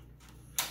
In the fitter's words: back on the socket a little bit, down, lock